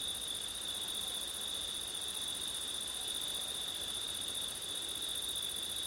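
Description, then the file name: Crickets trilling in a steady, unbroken high chorus, two bright pitched bands holding constant throughout. Crickets on a windy September night; ORTF stereo. "crickets wind september night ortif"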